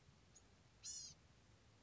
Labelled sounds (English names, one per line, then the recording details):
Blue-gray Gnatcatcher
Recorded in Sonoma County, California